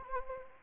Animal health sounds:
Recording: mosquito wingbeat signal from an infrared sensor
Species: Anopheles gambiae

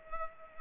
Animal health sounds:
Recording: mosquito wingbeat signal from an infrared sensor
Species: Culex pipiens

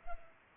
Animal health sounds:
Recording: mosquito wingbeat signal from an infrared sensor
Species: Culex pipiens

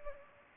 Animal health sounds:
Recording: mosquito wingbeat signal from an infrared sensor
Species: Anopheles gambiae

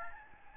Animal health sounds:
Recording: mosquito wingbeat signal from an infrared sensor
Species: Aedes albopictus

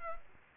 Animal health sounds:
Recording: mosquito wingbeat signal from an infrared sensor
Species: Culex quinquefasciatus

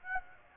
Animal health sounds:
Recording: mosquito wingbeat signal from an infrared sensor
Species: Aedes aegypti

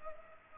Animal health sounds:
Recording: mosquito wingbeat signal from an infrared sensor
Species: Culex pipiens

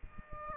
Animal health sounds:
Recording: mosquito wingbeat signal from an infrared sensor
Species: Aedes aegypti

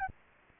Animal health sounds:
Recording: mosquito wingbeat signal from an infrared sensor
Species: Anopheles arabiensis

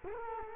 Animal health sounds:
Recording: mosquito wingbeat signal from an infrared sensor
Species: Culex quinquefasciatus

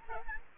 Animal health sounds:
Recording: mosquito wingbeat signal from an infrared sensor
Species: Aedes albopictus

